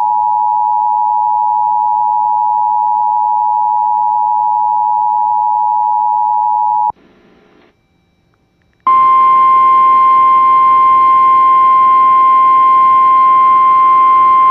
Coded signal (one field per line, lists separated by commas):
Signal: Emergency Alert System (SAME) tones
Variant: 853 and 960 Hz attention tone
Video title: TERROR UNLEASHED (EAS #95-100!!!!!)